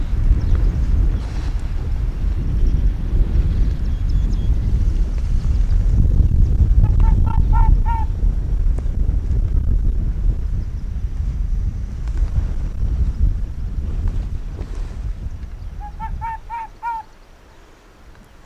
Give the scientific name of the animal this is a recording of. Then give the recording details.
Vulpes lagopus. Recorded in the wild. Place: Insel Mednyi, Kommandeur-Inseln, RU. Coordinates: 54.5167, 168.083. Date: 1999-07-09. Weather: 8°C, starker Westwind. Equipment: Sony WM-D6C, Sennheiser ME 80, K 30 AV, Windkorb, Kopie Sony TCD-D8. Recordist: Jakupi, Antje. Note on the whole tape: Südosten der Insel, nordwestliches Nachbartal des Hüttentals: 13 Bellstrophen vom Nordwestgrat des nordwestlichen Nachbartals. Entfernung ca. 200 m. Eine vorangegangene Bellstrophe nicht aufgezeichnet